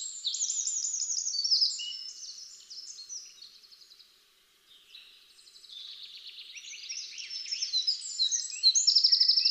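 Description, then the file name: Eurasian wren singing rapid, shrill trilled phrases that fade briefly midway, then swell again into a loud, fast rattling trill. "Troglodytes troglodytes"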